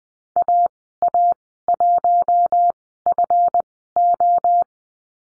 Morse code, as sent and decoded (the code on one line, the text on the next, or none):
.- .- .---- ..-. ---
AA1FO